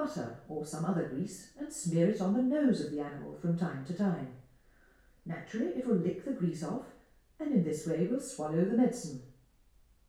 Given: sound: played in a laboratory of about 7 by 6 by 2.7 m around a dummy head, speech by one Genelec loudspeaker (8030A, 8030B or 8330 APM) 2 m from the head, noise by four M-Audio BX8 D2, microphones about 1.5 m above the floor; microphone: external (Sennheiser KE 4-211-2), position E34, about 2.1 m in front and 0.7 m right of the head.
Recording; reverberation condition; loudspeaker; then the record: female speech in English; medium; 60 degrees to the right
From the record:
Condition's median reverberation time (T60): about 510 ms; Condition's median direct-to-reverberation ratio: about -0.5 dB